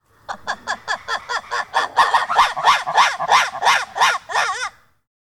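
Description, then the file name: Ruffed lemur pulsed squawk: a rapid run of many harsh, harmonic pulses over about four seconds, growing louder after the first few. "Varecia pulsed squawk"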